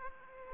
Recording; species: mosquito wingbeat signal from an infrared sensor; Aedes aegypti